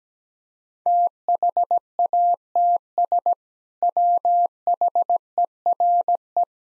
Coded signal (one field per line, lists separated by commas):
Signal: Morse code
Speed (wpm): 17 wpm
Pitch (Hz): 700 Hz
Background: none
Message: THATS WHERE